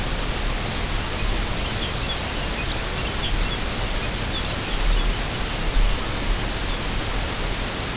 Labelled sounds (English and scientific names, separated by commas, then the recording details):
White-rumped Sandpiper (Calidris fuscicollis), Lapland Longspur (Calcarius lapponicus), unidentified sound
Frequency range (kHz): Lapland Longspur (Calcarius lapponicus) 2.2-5.8 kHz
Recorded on Arctic tundra, site UTQI-5, on 21 June 2018
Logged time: 14:00